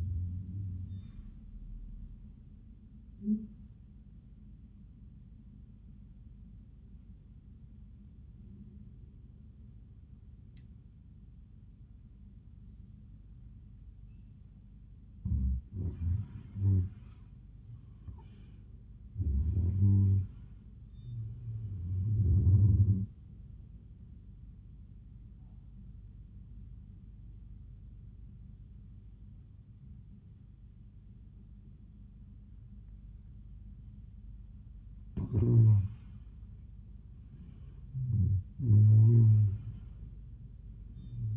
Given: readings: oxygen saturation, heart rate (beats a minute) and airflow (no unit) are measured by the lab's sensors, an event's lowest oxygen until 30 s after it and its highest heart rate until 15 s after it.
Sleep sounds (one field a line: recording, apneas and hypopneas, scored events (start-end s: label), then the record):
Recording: breathing in sleep by a smartphone at the bedside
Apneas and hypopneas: 2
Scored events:
5.00-16.50 s: obstructive apnea (N1, oxygen 96% highest, then 87% lowest)
26.00-36.40 s: obstructive apnea (N1, oxygen 92% highest, then 87% lowest)
From the record:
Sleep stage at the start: N1 (lightest sleep)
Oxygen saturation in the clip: 87 to 97%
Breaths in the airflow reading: 4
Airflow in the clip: -19.0 to 16.8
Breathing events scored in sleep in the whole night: 400 in 8.7 hours asleep